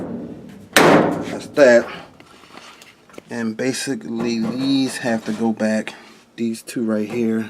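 A Kenmore dryer top panel is folded back down and pushed onto its front spring clips during reassembly after a burner igniter replacement. It lands with one loud slam-like snap at 0.8 s, seating the panel in its clips, and then someone talks.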